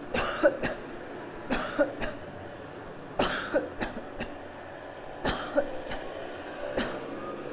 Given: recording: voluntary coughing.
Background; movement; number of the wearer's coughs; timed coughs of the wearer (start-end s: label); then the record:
traffic; sitting; 10
0.12-0.54 s: cough
0.60-0.90 s: cough
1.49-1.91 s: cough
2.00-2.29 s: cough
3.16-3.69 s: cough
3.80-4.04 s: cough
4.18-4.36 s: cough
5.22-5.75 s: cough
5.75-6.16 s: cough
6.75-7.06 s: cough
From the record:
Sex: female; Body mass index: 22.6 kg/m2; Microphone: on the chest, facing outward